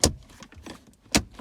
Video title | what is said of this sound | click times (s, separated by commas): 2019 - 2021 Toyota RAV4 Ambient Lightning Follow Up & Footwell Light Installation | snaps into place like that | 0.0 s, 1.1 s